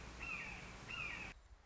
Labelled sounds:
Red-shouldered Hawk (Buteo lineatus)

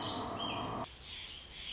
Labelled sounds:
Warbling Vireo (Vireo gilvus)

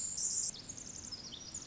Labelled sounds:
Pacific Wren (Troglodytes pacificus)

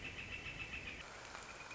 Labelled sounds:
Northern Flicker (Colaptes auratus)

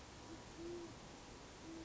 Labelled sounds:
Great Horned Owl (Bubo virginianus)

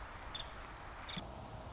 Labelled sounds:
Nuttall's Woodpecker (Dryobates nuttallii)

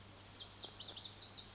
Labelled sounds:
Lazuli Bunting (Passerina amoena)

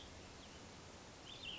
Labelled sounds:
Cassin's Vireo (Vireo cassinii)

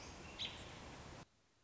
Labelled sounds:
American Robin (Turdus migratorius)

